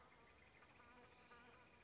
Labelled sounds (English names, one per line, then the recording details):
Brown Creeper
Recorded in Sonoma County, California